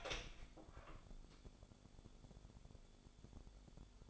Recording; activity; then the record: daily activity, microphone in the room; open door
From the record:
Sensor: 5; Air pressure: 1015.0 hPa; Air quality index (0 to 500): 210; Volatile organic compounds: 11 ppm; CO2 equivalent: 2284 ppm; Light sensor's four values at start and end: 35/80/32/31 and 35/80/32/31